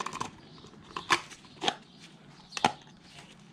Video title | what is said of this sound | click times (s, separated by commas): Mercedes Sprinter Service Engine OIl & Filter Change | hear that click read that set in place now | 2.6 s